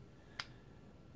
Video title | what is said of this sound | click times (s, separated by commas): Developing a Match Grade Load - Phase 2 - Part 2 - Advanced Case Prep | primer pocket until it snaps into place there | 0.4 s